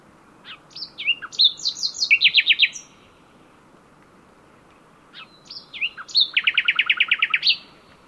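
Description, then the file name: Common nightingale singing two phrases about five seconds apart, each starting with soft varied whistles and building into a loud, fast rattle of repeated notes. "Luscinia megarhynchos"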